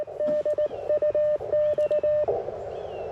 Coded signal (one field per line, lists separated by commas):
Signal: Morse code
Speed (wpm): 19 wpm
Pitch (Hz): 600 Hz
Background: none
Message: DUX